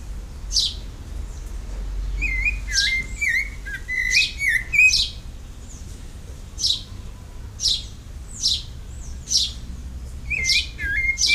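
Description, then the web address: Rufous-bellied thrush song: clear whistled notes with repeated high chips, over a constant low rumble. Recorded in a botanical garden. "Museu Escola Ensino Fundamental. JD Botanico aves sons JB sabia-laranjeira"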